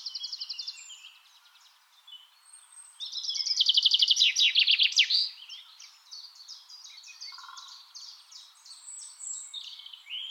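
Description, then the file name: Common chaffinch song: a short trill opens, then a loud rapid series of notes falls away around five seconds, followed by softer trilled phrases. "Fringilla coelebs"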